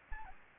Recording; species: mosquito wingbeat signal from an infrared sensor; Aedes aegypti